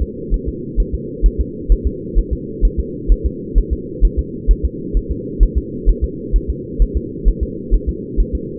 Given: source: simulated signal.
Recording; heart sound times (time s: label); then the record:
fetal heart sounds
0.02 s: S2
0.34 s: S1
0.48 s: S2
0.80 s: S1
0.94 s: S2
1.26 s: S1
1.41 s: S2
1.72 s: S1
1.87 s: S2
2.19 s: S1
2.33 s: S2
2.65 s: S1
2.80 s: S2
3.12 s: S1
3.26 s: S2
3.58 s: S1
3.73 s: S2
4.05 s: S1
4.19 s: S2
4.51 s: S1
4.65 s: S2
4.97 s: S1
5.11 s: S2
5.43 s: S1
5.58 s: S2
5.89 s: S1
6.04 s: S2
6.36 s: S1
6.50 s: S2
6.82 s: S1
6.97 s: S2
7.28 s: S1
7.43 s: S2
7.74 s: S1
7.89 s: S2
8.20 s: S1
8.35 s: S2
From the record:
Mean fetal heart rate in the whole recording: 130 bpm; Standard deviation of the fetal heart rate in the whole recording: 2 bpm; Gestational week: 36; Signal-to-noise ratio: -4.1 dB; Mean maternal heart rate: no maternal heart sound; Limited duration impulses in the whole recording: absent